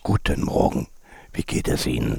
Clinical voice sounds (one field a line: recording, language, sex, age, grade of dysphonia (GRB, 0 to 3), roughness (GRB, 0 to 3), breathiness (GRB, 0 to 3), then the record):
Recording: spoken sentence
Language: German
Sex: male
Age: 50 to 59 years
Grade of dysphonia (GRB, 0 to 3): 3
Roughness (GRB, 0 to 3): 2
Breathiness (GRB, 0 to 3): 3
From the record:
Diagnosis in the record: recurrent laryngeal nerve paralysis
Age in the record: 58 years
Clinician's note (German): Links, schlaff, keine Kompensation